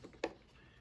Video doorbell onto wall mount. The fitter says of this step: and lock it at the bottom put P it in at the top and it will snap into place